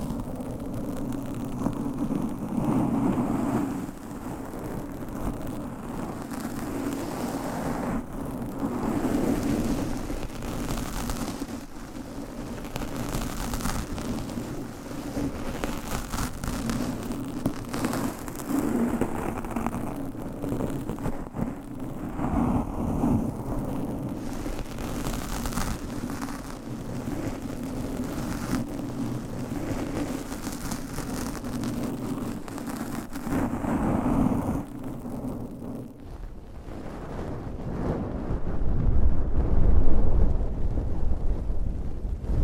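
Rumbling mic scratching and brushing over a steady low hum, with frequent soft strokes; near the end it turns duller and heavier.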